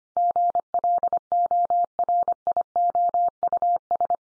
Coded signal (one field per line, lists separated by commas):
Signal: Morse code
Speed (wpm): 25 wpm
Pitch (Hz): 700 Hz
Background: none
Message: GLORIOUS